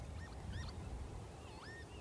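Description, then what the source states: Northern lapwing giving wheezy, slurred whistles that swoop up and down, a few short notes then a longer swooping phrase, over steady low background rumble. Song in display flight, swooping up and down over reed bed; breeding nearby; likened to a focusing camera's chirp; also called peewit for its call; lowland Somerset, spring, mid April.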